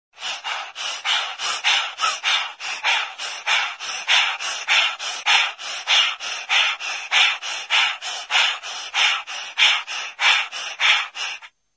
Man stuffy nose panting sound.